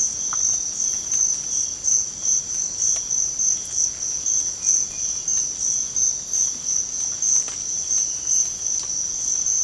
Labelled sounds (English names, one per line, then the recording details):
none
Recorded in dense forest near Puerto Asís, Putumayo, Colombia, on 22 December 2024 at 05:00
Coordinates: 0.481, -76.323
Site G100